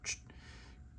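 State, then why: Seated. A replacement plastic-framed filter with keys on its side is pushed into a Bionaire AER1 air purifier. A brief hissing swish opens the clip, then a faint sharp click at 0.3 s as the filter clips in and is seated, good to go, over a low steady hum.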